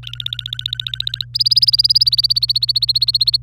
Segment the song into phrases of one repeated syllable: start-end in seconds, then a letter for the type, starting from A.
0.03-1.25 A, 1.35-3.37 B